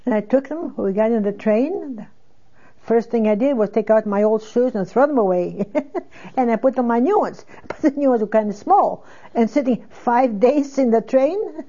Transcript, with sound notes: I took them, and we got on the train, and first thing I did was take out my old shoes and throw them away. ( she laughs ) And I put on my new ones. But the new ones were kind of small, and sitting five days in the train.